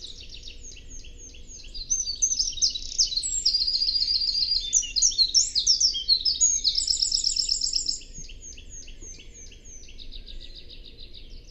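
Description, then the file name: Eurasian wren giving a long, loud, fast song of ringing trills and rattling notes lasting about six seconds, with softer trilling before and after. "Troglodytes troglodytes"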